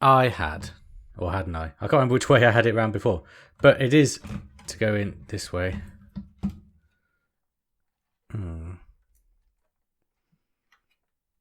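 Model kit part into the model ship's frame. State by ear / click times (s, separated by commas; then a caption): not seated / none. Someone talks while lining up a model kit part for the Millennium Falcon build (parts 90–91) against the model ship's frame, struggling to work it into position. After the talking stops, a short burst of sound comes around 8.3–8.9 s, followed by faint small ticks near 9.2 s and 10.7 s. The part has not seated or clicked into place yet.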